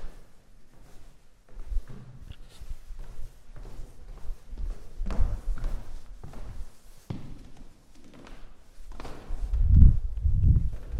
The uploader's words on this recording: Prague walk from Castle to Charles bridge & both towers. Walking at Prague, the capital and largest city in the Czech Republic. This walk starts at Prague Castle ending at Charles bridge by visiting both towers found at each side of Charles bridge.